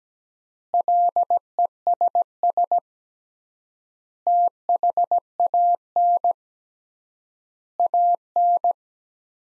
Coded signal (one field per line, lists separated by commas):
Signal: Morse code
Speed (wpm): 17 wpm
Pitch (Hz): 700 Hz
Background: none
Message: LESS THAN AN